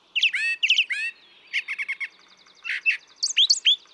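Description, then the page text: Brown thrasher song with a few raspy trilled notes, a fast series of short chips, then clear rising whistled phrases. Same male brown thrasher heard across recordings totalling about three and a quarter hours; his repertoire is estimated at about 1300 songs. "Birdsong for the Curious Naturalist. Brown thrasher"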